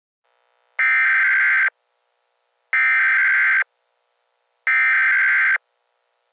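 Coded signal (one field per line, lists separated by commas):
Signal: Emergency Alert System (SAME) tones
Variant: header bursts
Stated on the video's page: Fictional EAS scenario using valid EAS tones.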